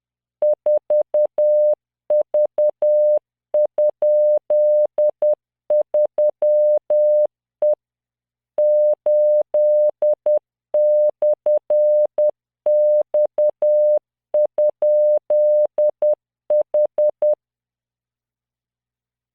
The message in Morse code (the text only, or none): 4V?3E 8/X?H